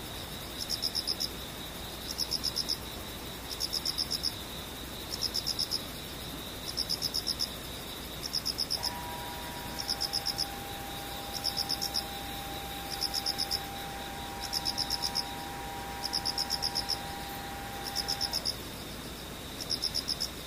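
Insects chirp in regular pulsed bursts about every 1.2 seconds, each burst a quick bright trill, over a steady high whine. From about 9 to 18 seconds a sustained mid-pitched tone with a few overtones hums underneath, then stops while the chirping continues.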